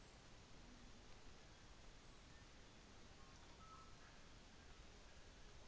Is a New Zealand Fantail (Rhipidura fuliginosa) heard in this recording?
no